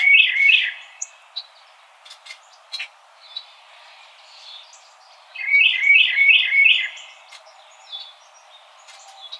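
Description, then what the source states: Carolina Wren song: a burst of rich repeated syllables at the start and another near five seconds, with scattered sharp clicks and soft chips in between. Recorded on 4 January 2007.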